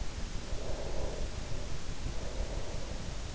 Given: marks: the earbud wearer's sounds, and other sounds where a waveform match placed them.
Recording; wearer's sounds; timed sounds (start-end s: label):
sounds in sleep by an in-ear microphone; breath
0.31-3.31 s: breath